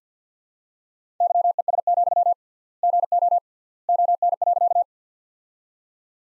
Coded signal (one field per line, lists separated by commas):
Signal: Morse code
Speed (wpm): 50 wpm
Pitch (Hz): 700 Hz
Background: none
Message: YES, GO ON.